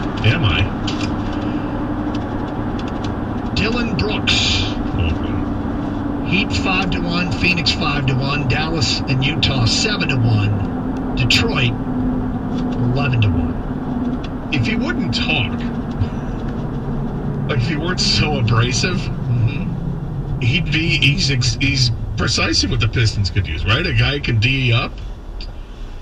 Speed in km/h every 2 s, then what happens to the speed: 101, 101, 98, 93, 90, 87, 82, 81, 72, 60, 39, 24, 8.
0-26 brakes to 8.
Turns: 22-24.